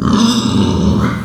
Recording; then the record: squeal of a Yucatan mini pig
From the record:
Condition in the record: after surgery on the right vocal fold (resection and tissue-engineered implant); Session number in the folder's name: 13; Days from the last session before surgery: 113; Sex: female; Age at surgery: 19 weeks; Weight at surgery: 25 kg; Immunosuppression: prednisolone